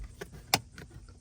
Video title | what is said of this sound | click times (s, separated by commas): 2010-2013 Acura ZDX Cabin Air Filter Replacement Change Tutorial Installation Instructions | All right, both sides clicked. | 0.5 s